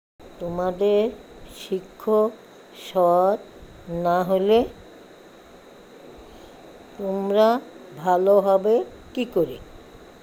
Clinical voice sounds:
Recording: elicited speech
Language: Bengali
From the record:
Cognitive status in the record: dementia

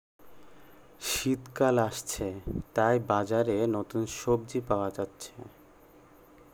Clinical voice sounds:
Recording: elicited speech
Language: Bengali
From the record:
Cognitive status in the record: cognitively healthy

